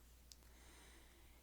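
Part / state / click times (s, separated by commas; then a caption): plastic action figure chest piece onto its waist joint (O-ring construction) / seated / 0.3 s. A freshly unboxed plastic O-ring action figure has its torso moved upright, and the chest piece gives a small, sharp click onto its waist joint at 0.3 s against a steady low hum. It only sort of clicks into place, and only when perfectly upright, because the O-ring is too tight.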